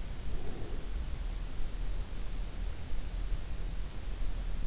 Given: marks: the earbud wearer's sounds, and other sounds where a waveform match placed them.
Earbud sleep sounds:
sounds in sleep by an in-ear microphone; breath
0.09-0.97 s: breath

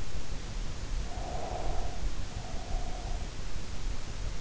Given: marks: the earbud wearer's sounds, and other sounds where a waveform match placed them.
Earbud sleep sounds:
sounds in sleep by an in-ear microphone; breath
0.91-3.51 s: breath

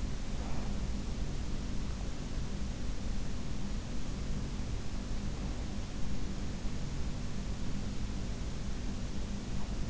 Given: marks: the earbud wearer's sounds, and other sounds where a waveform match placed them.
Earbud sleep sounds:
sounds in sleep by an in-ear microphone; breath
0.00-1.54 s: breath

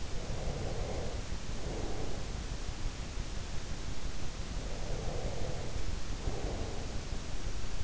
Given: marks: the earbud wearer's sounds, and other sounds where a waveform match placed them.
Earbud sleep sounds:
sounds in sleep by an in-ear microphone; breath
0.00-2.47 s: breath
4.28-7.37 s: breath

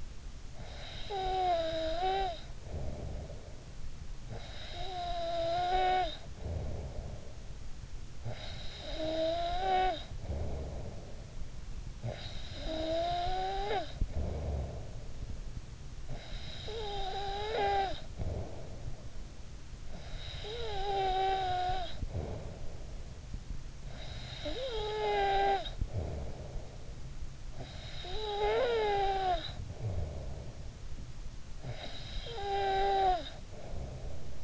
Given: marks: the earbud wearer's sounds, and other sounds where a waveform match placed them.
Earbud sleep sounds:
sounds in sleep by an in-ear microphone; snoring breath
0.00-34.44 s: snoring breath

